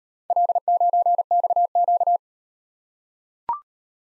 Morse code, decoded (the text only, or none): L9XQ